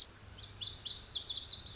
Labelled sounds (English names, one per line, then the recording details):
Lazuli Bunting
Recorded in Sonoma County, California